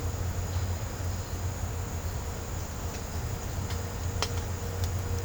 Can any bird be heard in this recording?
no